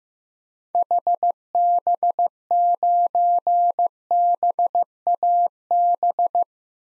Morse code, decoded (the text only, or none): HB9BAB